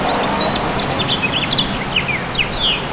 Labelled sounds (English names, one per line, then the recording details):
House Finch song
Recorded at Amityville on Long Island, New York, on 12 June 2013
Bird B